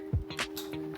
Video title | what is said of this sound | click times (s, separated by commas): C5 MaxDin Install | And you just heard it click, and you just want to give it a little tug to make sure it's in. | 0.4 s